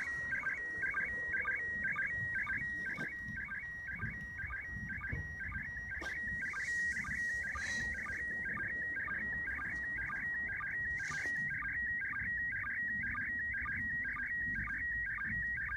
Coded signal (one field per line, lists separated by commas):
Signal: SSTV (slow-scan television)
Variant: PD 120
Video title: ISS sstv captured